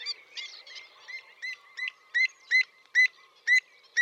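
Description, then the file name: Pied avocet calls starting as a soft jumble of notes, then settling into loud, ringing kluit notes repeated roughly every half second. "Avocette-élégante-Recurvirostra-avosetta"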